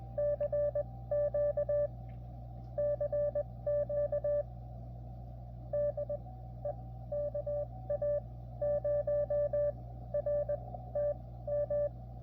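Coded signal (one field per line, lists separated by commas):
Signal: Morse code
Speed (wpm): 20 wpm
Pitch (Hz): 580 Hz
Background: radio noise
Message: CQ CQ DE KA0RTM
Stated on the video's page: CW received on a Xiegu X6100.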